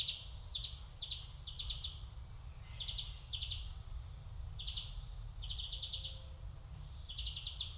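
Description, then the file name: European greenfinch: short bursts of rapid twittering notes, repeated in clusters, over a low steady rumble. "Chloris chloris"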